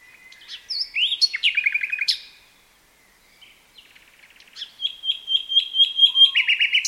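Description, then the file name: Common nightingale singing varied phrases: a whistled note, then rapid chattering trills, a brief pause, and a run of fast repeated high notes. "Luscinia megarhynchos"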